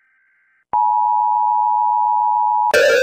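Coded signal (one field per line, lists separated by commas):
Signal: Emergency Alert System (SAME) tones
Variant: 853 and 960 Hz attention tone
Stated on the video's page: Animated countryballs parody of EAS alarms, not a real alert.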